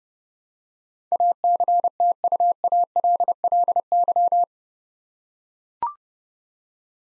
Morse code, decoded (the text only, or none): ACTUALLY